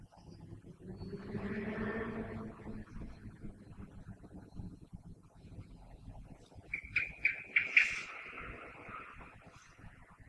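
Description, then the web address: Common blackbird song: a brief run of clear whistled notes with a sharp high flourish late, over steady low rumbling background noise. Recorded on 21 February 2020. "oiseaux Merle 2020 02 21"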